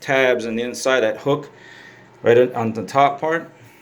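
Someone talks while handling a metal toilet paper holder, tipped at an angle onto its wall-mounted bracket so its internal tabs will hook over the top of the bracket when it is snapped down. Speech fills the clip, with a quieter gap in the middle. Nothing has seated or clicked yet.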